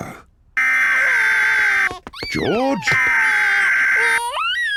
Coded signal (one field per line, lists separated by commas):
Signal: Emergency Alert System (SAME) tones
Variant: header bursts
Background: speech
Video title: Peppa Pig Crying Compilation with EAS Alarm